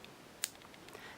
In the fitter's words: And if you heard that little snap,